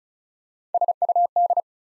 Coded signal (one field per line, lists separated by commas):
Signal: Morse code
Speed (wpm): 36 wpm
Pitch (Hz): 700 Hz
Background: none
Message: SUD